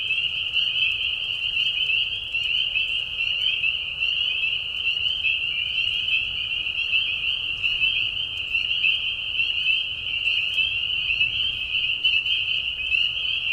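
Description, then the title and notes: Spring peepers calling in a dense chorus, high whistled peeps merging into a continuous shrill band. Mating call of spring peepers in a marsh at night during a short spring season; Tiny Marsh Conservation Area, Tiny, Ontario; high whistles at low volume. "Peeper frogs in the spring. Peeper frogs in a marsh at night. This is a mating call that happens during a very short season in the Spring. The high whistles at a low volume. Tiny Marsh Conservation area in Tiny, Ontario. Anton Pickard. Music for Sleep"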